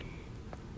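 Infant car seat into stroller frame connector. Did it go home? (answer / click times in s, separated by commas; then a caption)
yes / 0.5 s. An infant car seat with a plastic shell, a Graco SnugRide Click Connect 30, is lowered onto the connection points of a Graco Comfy Cruiser stroller frame. A faint tick comes at 0.4 s, then a short, sharp click at 0.5 s as the seat latches onto the stroller connector. The seat is seated and safely connected.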